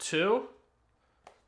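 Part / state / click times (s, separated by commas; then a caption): case corner onto smartphone / seated / 1.3 s. Someone talks, then the second corner of a clear case is pressed onto an iPhone 16 Pro Max, and a quiet, short click is heard at 1.3 s. The corner seats onto the phone with a tight fit.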